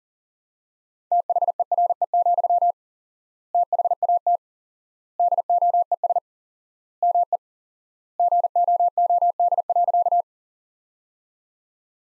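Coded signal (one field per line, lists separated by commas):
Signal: Morse code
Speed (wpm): 40 wpm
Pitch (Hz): 700 Hz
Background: none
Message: THERE, THAT DOES ME GOOD.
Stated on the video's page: Morse practice at 40 wpm, sentences from top 200 words with 4x word spacing, similar to the Farnsworth method.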